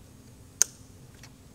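A wiring harness connector, cleaned with compressed air and sprayed with silicone, is pushed onto an engine cam sensor on the second try and seats with one sharp, loud click at 0.6 s. A much fainter tick follows at 1.2 s over a low background hum. The connector is confirmed seated.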